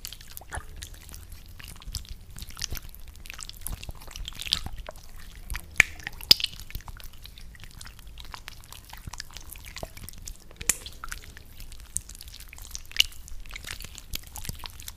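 Viscous, sticky squelching with irregular wet clicks and drips scattered throughout, a few sharper pops near six and eleven seconds, over faint low rumble.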